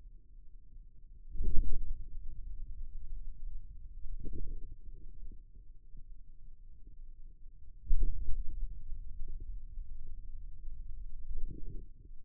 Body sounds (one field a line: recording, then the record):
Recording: forearm muscle sounds (acoustic myography)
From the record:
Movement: wrist extension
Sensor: system 2, bracelet of six BSWA MPA416 microphones around the upper forearm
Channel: 2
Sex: male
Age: 22 years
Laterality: right